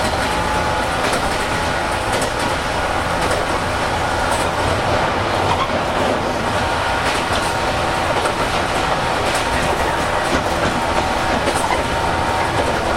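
A 415-series electric train runs along the Nippō Line on a local service, its steady rumble dense and even throughout. Faint rhythmic clacks from the rails tick past at a regular pace over a low roar and a thin, bright hiss.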